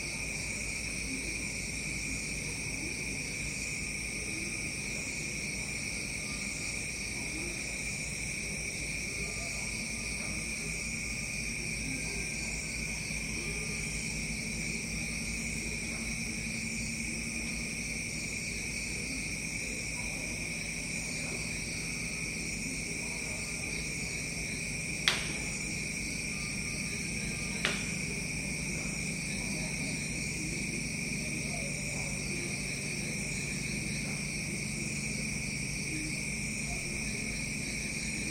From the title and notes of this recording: Villa jungle paradise - Unawatuna, Sri Lanka, insect drones and dawn chorus. Recorded by Stéphane Marin/Espaces Sonores.